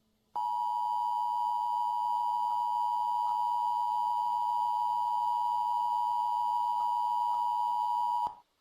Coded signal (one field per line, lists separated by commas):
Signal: Emergency Alert System (SAME) tones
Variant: 853 and 960 Hz attention tone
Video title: EAS(ter) Denver Wedge Tornado Scenario